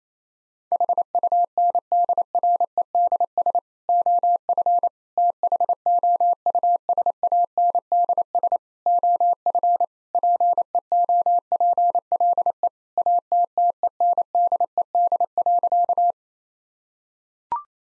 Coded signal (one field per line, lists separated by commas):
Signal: Morse code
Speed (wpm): 28 wpm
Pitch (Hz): 700 Hz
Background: none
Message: HUNDREDS OF THOUSANDS OF PEOPLE ATTENDED.